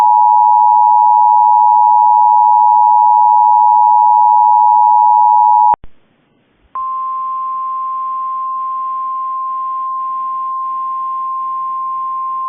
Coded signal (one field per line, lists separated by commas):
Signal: Emergency Alert System (SAME) tones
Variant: 853 and 960 Hz attention tone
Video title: Lake Effect Snow Warning(WSW) EAS (Cox) 11/21/24 (Credit to WXRchive)